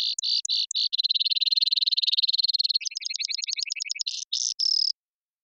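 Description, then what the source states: Brewer's sparrow song: a long, buzzy, rapid trill that shifts pitch partway through into lower, choppier notes, closing with a few short buzzes. Several males singing or counter-singing in a high subalpine sagebrush meadow in the Okanogan Mountains, sagebrush steppe of North America; mirthful, playful, bubbling song.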